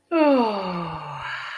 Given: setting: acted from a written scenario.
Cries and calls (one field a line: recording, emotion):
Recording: vocal sound without words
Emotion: serenity